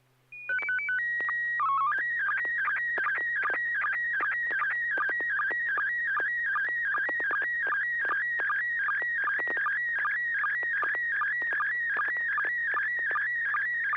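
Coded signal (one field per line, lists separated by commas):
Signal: SSTV (slow-scan television)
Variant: PD 50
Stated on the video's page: SSTV images exchanged over amateur radio in a weekly net on a 441.300 MHz FM repeater, using MMSSTV software.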